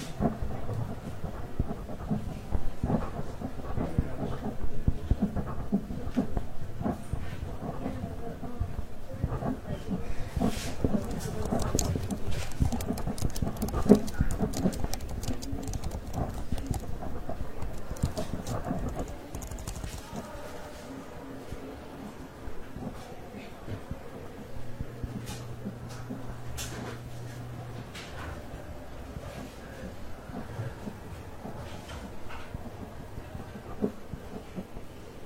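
Library ambience with dense, rapid clicking like typing and small rustles of paper through the first twenty seconds. After that the activity thins out and grows quieter, with scattered taps, and a brief low hum appears around 25 to 28 seconds.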